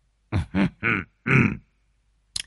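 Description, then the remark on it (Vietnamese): A man clears his throat in four short, gruff bursts, the last one longer, followed by a brief pause and a faint click. No talking. “Lão Tam biết là dịp sĩ gái đến thì mới hắng giọng.”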